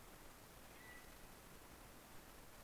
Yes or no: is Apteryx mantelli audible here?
no